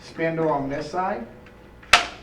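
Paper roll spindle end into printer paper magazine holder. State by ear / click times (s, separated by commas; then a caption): seated / 1.9 s. Someone talks, then the black end of a paper roll spindle is pressed down into its holder in the paper magazine of a Fuji DX100 photo printer. A sharp, bright snap is heard at 1.9 s as the spindle end seats; it does not really lock but just snaps into place.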